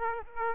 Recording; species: mosquito wingbeat signal from an infrared sensor; Aedes aegypti